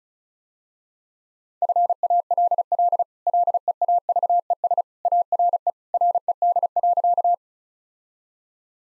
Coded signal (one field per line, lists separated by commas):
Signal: Morse code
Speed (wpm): 36 wpm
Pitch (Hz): 700 Hz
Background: none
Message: FALL LEAVES ARE RED.